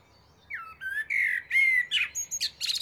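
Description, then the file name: Common blackbird song phrase: a mellow fluted whistle sliding around, followed by a squeaky, high-pitched twittering flourish at the end. "Turdus merula"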